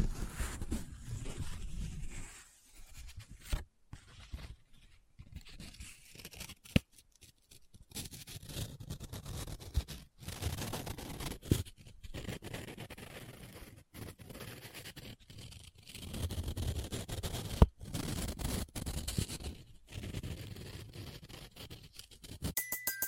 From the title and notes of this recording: ASMR Close Up Paper Sounds - Folding, Scratching, Rubbing, Crinkle No Talking.